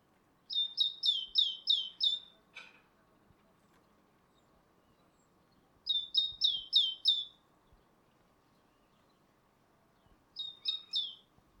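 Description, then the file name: Great tit song, rhythmic high two-note phrases delivered in three bursts of five or so, with a brief click between. "Parus major"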